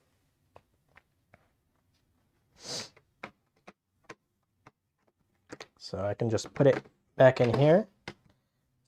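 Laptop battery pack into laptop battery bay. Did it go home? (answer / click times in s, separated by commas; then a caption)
yes / 8.1 s. A 46 Wh laptop battery pack is put back into the battery bay on the underside of the laptop. Faint clicks and small handling sounds come first while someone talks. A single sharp snap at 8.1 s marks the battery seating in place.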